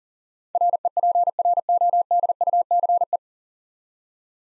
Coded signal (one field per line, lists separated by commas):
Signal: Morse code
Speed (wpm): 38 wpm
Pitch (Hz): 700 Hz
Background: none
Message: REPRODUCE